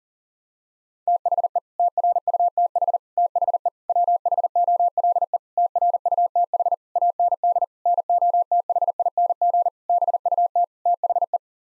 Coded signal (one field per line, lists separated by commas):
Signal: Morse code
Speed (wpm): 40 wpm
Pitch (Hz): 700 Hz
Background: none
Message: THE TRUTH THE WHOLE TRUTH AND NOTHING BUT THE